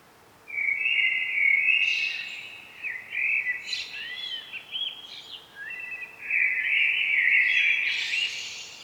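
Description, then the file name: Common blackbird singing loud fluty phrases that break into squeaky, twittering flourishes, with barely a pause between them. "Turdus merula"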